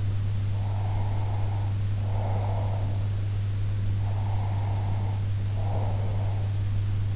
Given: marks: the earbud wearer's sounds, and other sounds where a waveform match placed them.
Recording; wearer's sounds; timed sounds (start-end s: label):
sounds in sleep by an in-ear microphone; breath
0.47-3.07 s: breath
3.93-6.47 s: breath